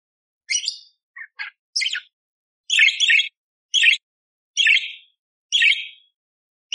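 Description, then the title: Budgerigar giving short raspy chirps, repeated roughly once a second in a loose, uneven series. Budgerigar training (masteran) recording, one hour long, vigorous (gacor) and clear, full of rough 'tembakan' fill-in phrases, suited for training oriental magpie-robins (kacer). "Masteran Burung Parkit Gacor Jernih Full Isian Tembakan Kasar Cocok Buat Kacer"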